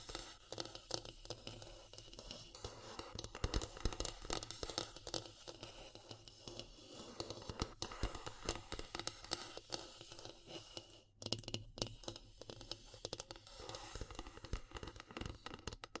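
Wood, bamboo and straw rustle and crackle in dense, uneven taps and scrapes, with a brief near-silent gap around eleven seconds.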